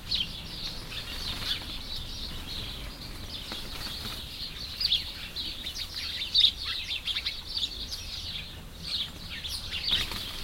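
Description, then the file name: Many birds twittering together, a steady wash of high chirps with a few louder sharp notes standing out near the middle and end. Birds among bamboo. "Hieronyme Birds In Bamboos"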